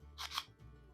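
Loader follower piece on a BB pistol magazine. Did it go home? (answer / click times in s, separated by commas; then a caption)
yes / 0.4 s. The small plastic loader follower on the BB magazine of an Umarex DSX-45 BB pistol is pulled outward so the reservoir can be filled, making a short, bright scraping slide. It ends in a single sharp click at 0.4 s as the follower locks into position.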